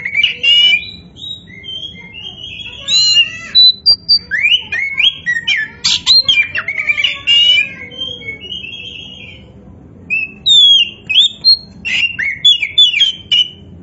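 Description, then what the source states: Oriental magpie-robin singing a long varied medley of whistles, harsh squeaks and slurred notes. Indonesian name kacer poci; described as gacor, singing actively.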